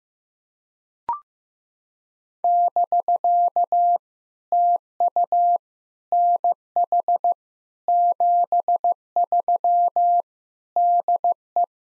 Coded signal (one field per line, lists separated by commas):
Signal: Morse code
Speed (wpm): 14 wpm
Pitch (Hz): 700 Hz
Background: none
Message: <BK> TU NH 73 DE